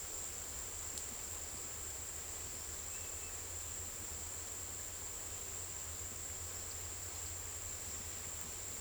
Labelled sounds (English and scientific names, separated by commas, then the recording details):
none
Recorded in secondary vegetation near Puerto Asís, Putumayo, Colombia, on 22 December 2024 at 15:30
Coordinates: 0.468, -76.324
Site G095